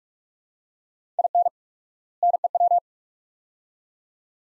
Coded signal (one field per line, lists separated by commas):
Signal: Morse code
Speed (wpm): 43 wpm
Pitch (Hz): 700 Hz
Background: none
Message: IN NEW